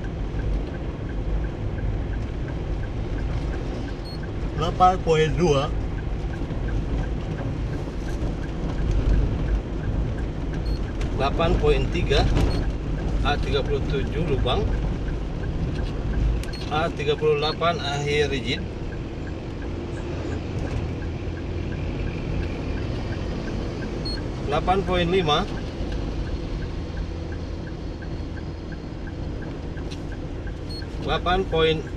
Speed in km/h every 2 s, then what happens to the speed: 54, 54, 54, 54, 54, 54, 54, 54, 54, 55, 55, 55, 55, 55, 55, 55.
0-32 steady at about 54.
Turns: none.